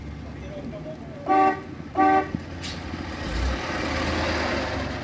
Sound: honking of horn

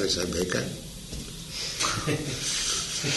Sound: laughter

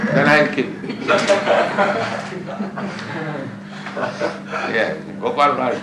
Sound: laughter

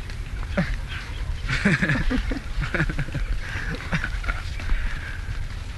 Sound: laughter

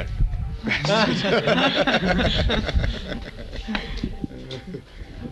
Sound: laughter

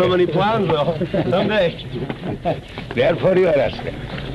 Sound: laughs

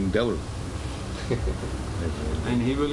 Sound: laughs

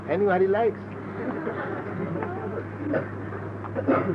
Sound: laughter

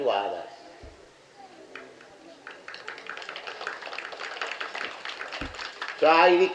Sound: applause

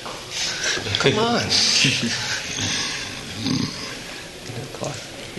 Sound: laughs

